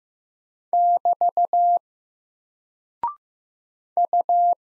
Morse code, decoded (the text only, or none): <BT> U